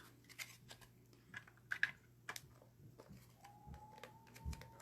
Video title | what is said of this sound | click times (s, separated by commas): Fun Friday 619 | Put that together. And there it goes. I heard it snap. | 1.7 s, 1.8 s